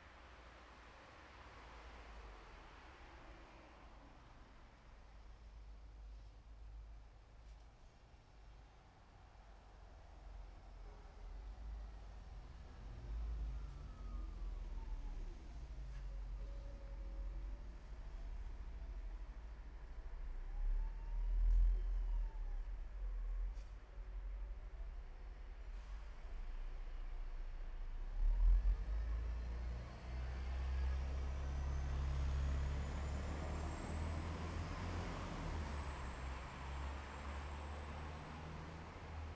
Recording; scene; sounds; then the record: everyday scene through a hearing-aid microphone; in traffic; traffic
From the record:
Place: bus stop on a city main road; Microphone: behind the ear, left, front